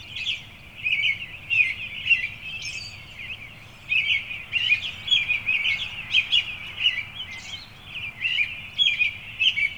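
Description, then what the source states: Birds twittering: busy, high chirps in irregular bursts, swelling and easing, with a soft low rumble underneath. On a coast.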